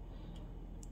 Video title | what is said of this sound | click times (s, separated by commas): Покупки в Аврора, Испытала мышеловку на себе... | поняли натягивается до щелчка вот сюда | 0.8 s